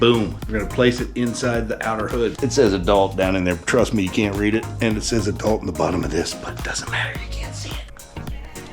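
An inner nasal mask is handled and placed inside the outer hood, which is marked adult, while someone talks over faint background music. A few soft handling taps come near the end, around 8.2 and 8.7 seconds. Nothing has seated or clicked yet.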